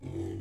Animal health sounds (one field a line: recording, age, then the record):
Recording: pig call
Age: weaner (32 to 43 days)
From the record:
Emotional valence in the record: positive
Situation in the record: positive conditioning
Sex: female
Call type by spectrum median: low-frequency call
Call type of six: low-frequency stable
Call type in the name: low-frequency stable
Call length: 0.41 s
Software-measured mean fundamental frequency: 47 Hz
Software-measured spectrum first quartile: 106 Hz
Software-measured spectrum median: 249 Hz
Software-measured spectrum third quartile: 371 Hz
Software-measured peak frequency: 343 Hz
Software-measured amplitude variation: 157 dB a second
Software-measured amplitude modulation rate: 32.9 a second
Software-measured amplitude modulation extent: 4.8 dB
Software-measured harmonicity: -0.5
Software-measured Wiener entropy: 0.00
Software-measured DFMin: 1104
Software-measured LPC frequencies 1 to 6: 341, 2088, 3126, 4701, 6178, 7102 Hz